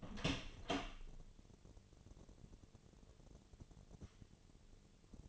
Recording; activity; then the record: daily activity, microphone in the room; open door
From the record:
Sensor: 4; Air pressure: 1008.2 hPa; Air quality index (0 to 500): 181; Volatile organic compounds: 5 ppm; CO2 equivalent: 1812 ppm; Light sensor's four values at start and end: 25/79/30/29 and 23/73/28/27